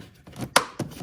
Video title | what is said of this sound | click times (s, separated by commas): How to CHANGE THE CABIN FILTER on a BMW X4 M40i (2014-2017 F26) - or X3 (2000-2016 F25) | And it'll snap into place. | 0.6 s